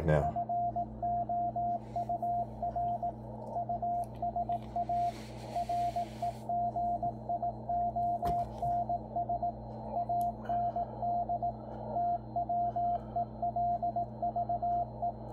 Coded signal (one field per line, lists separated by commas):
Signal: Morse code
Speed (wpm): 17 wpm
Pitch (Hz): 700 Hz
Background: radio noise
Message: FOUR USA REGIONS AND TWELVE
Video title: W1AW CW Morse code bulletin decode 3581.5 kHz Shortwave on Yaesu FTdx10 transceiver